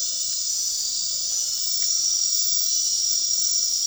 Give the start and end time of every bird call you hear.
0.00s-1.59s: bird call (0.3-0.8 kHz)

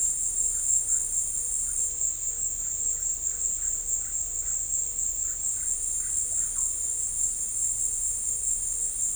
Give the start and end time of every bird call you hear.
0.51s-1.00s: bird call (0.8-2.1 kHz)
1.64s-1.74s: bird call (0.9-2.3 kHz)
2.56s-4.55s: bird call (0.9-2.1 kHz)
5.23s-6.67s: bird call (0.8-2.5 kHz)

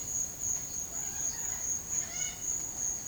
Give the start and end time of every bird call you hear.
0.93s-2.42s: bird call (0.6-6.1 kHz)

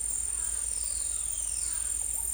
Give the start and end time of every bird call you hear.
0.75s-2.12s: bird call (1.9-6.2 kHz)

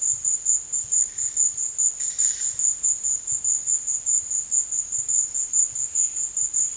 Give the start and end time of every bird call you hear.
1.98s-2.48s: bird call (0.8-6.5 kHz)

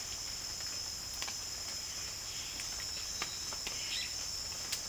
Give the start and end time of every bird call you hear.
3.53s-4.20s: bird call (1.5-4.5 kHz)

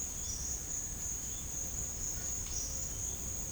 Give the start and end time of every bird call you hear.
0.22s-0.55s: bird call (4.4-6.3 kHz)
2.44s-2.71s: bird call (4.5-6.2 kHz)

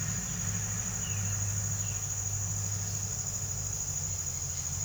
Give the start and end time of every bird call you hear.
0.97s-2.06s: bird call (1.9-3.7 kHz)

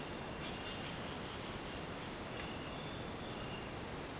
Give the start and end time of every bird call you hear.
0.40s-1.75s: bird call (1.1-5.1 kHz)

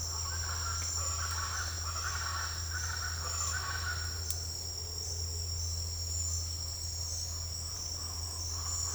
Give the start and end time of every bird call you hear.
0.00s-4.07s: bird call (0.7-2.1 kHz)
7.97s-8.94s: bird call (0.7-2.0 kHz)

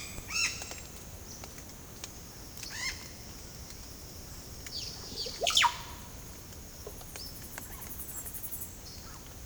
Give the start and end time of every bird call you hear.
0.00s-0.54s: bird call (0.3-11.0 kHz)
2.62s-3.01s: bird call (0.6-10.8 kHz)
4.71s-6.00s: bird call (0.3-7.1 kHz)
7.17s-7.30s: bird call (3.8-5.9 kHz)

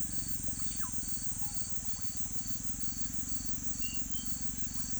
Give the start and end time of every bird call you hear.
0.38s-1.55s: bird call (0.6-3.2 kHz)

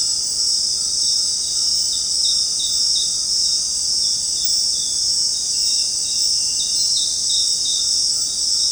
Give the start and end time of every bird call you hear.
0.00s-3.28s: bird call (0.5-1.7 kHz)

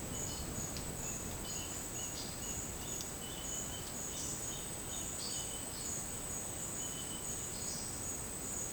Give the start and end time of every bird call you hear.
0.17s-5.93s: bird call (2.4-5.3 kHz)
6.84s-7.42s: bird call (2.4-3.6 kHz)

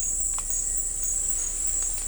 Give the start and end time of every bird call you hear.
0.42s-0.96s: bird call (1.1-2.4 kHz)

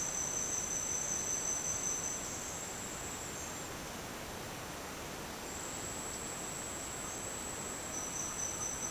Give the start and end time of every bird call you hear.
7.22s-8.91s: bird call (0.9-2.7 kHz)

